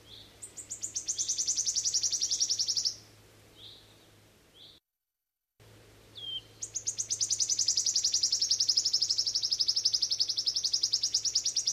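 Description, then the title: Wood Warbler song: two long, accelerating, high-pitched trills that end in a sizzling whirr. Two short thin call notes fall between them, along with a brief break in the sound. "Viikon luontoääni: Sirittäjä"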